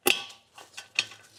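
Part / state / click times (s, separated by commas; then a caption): caster into gaming chair five-star base / seated / 1.0 s. A plastic caster stem is pushed down into the socket of an upturned five-star gaming chair base, which rests on a piece of foam. A sharp transient at 0.1 s and softer creaking ticks around 0.6 and 0.8 s come before a loud, crisp snap at 1.0 s as the caster seats into the base. No one talks.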